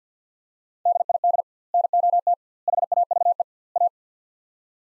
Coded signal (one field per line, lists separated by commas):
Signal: Morse code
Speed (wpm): 50 wpm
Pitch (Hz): 700 Hz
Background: none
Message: DID NOT HAVE A